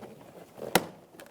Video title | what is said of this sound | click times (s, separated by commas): How to Replace Interior Door Handles 2000-2007 Ford Focus | it'll click into place | 0.8 s